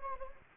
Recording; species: mosquito wingbeat signal from an infrared sensor; Anopheles gambiae